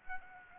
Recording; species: mosquito wingbeat signal from an infrared sensor; Aedes aegypti